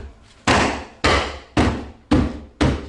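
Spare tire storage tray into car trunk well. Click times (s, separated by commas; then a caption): 1.0 s, 2.6 s. In a 2018 VW Golf R MK7.5 being retrofitted with a spare tire, the spare tire storage tray has been rolled over and is pressed down into the car's trunk well, giving a series of five sharp, loud snapping impacts about half a second apart. The tray snaps into place with hard clicks at 1.0 s and 2.6 s, the hard rather than soft clicks that show it has seated.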